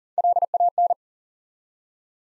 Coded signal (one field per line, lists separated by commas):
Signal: Morse code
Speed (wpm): 42 wpm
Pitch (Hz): 700 Hz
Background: none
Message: LAN